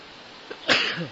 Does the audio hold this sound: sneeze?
yes